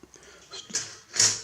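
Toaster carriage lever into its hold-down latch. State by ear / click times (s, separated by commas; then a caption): not seated / none. A toaster's carriage lever is pushed down toward its hold-down latch while the toaster runs through a current limiter, giving hollow knocks near 0.8 s and 1.2 s. The lever does not stay down, and nothing has latched.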